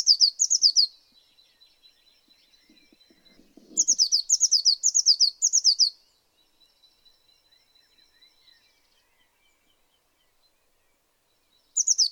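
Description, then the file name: Eurasian blue tit giving short, fast strings of high, sharp notes, three bursts spread throughout, the longest about two seconds, with quiet gaps between. "Cyanistes caeruleus"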